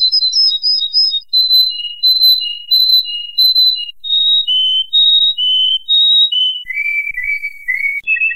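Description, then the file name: Canary song of clear, whistled notes in repeated phrases, moving to lower notes towards the end. "kenari"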